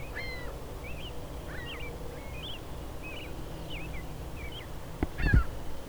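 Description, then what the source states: Ring-billed gulls giving short, sharp, slightly slurred calls in a steady series over a low rumble, with a brief knock near the end. Several ring-billed gulls calling out to each other.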